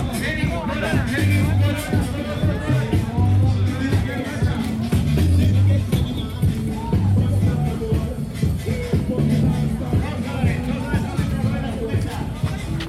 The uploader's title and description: Calle Ocho 2014 - Sounds from the Street. This is a soundscape recorded from walking through these street festivals.